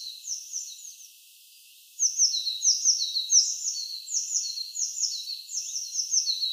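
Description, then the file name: Eurasian blue tit making a short burst of high, down-slurred calls, a pause, then a longer continuous sequence of sharp alternating high and lower notes. "Cyanistes caeruleus"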